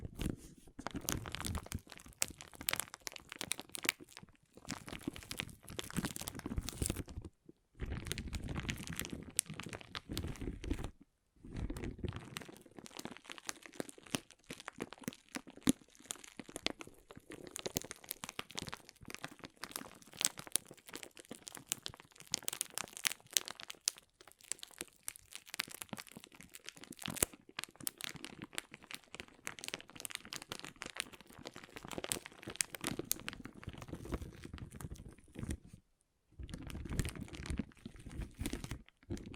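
Water beads being handled, a dense rattling and crinkling of many small pieces rubbing and clicking together. The sound runs in bursts with brief silent gaps near 7, 11 and 36 seconds, with heavier low churning in some stretches and bright clicks throughout.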